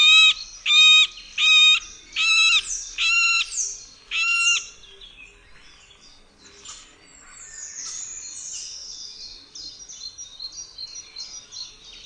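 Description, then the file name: Middle spotted woodpecker calling several nasal quacks in quick succession, followed by fainter high chattering and twittering. "dzieciolsredni"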